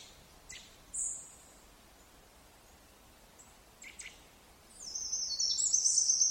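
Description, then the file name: Eurasian wren song: scattered faint high chirps, then a rapid shrill trilling burst beginning near the end over quiet background hiss. "Troglodytes troglodytes"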